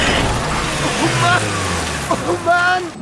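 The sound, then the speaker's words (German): A car crashes, flies several meters across a clearing and flips over again, a steady roar of engine and scraping noise with a low rumble underneath, while voices cry out over the commotion. “Der Wagen fliegt mehrere Meter über die Lichtung. Überschlägt sich nochmal.”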